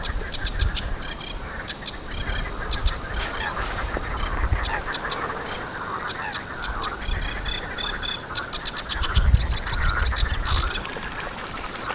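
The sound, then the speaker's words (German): A marsh bird's high, scratchy chirping comes in rapid repeated bursts and trills over a steady background chorus of insects and frogs, with a low rumble underneath and no voices. “Oder anzuhören, denn auch sein Gechilpe ist ja ein bisschen besonders.”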